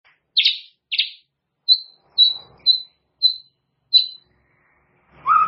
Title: murai batu